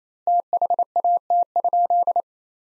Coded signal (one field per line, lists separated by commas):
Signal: Morse code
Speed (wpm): 28 wpm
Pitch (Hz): 700 Hz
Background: none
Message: THAT?